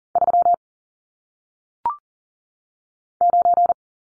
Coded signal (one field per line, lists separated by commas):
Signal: Morse code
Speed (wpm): 41 wpm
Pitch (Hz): 700 Hz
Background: none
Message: 3 9